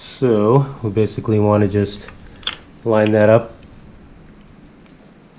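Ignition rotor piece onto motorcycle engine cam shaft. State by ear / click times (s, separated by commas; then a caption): not seated / none. Someone talks while lining up the notch of an ignition rotor piece with the notch in the end of a motorcycle engine cam shaft, followed by a few faint small metallic ticks around 4.7 and 4.9 s. Nothing has seated or clicked yet; the rotor is handled but not yet home on the shaft.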